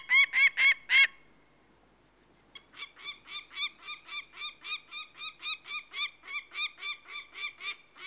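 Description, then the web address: Peregrine falcon with four loud harsh calls, a short silence, then a long even run of rasping cackles at roughly three per second. "The BBC Sound Effects Library. Peregrine Falcon"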